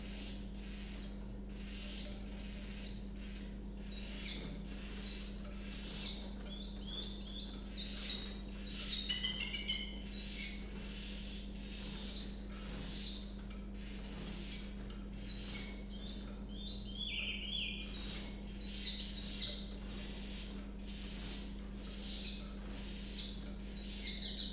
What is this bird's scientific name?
Phylloscopus trochilus